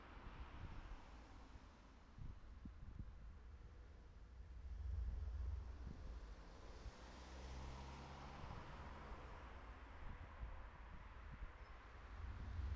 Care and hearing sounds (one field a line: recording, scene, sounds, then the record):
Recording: everyday scene through a hearing-aid microphone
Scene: in traffic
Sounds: traffic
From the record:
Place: city secondary road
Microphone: behind the ear, right, rear